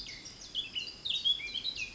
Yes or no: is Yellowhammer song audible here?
no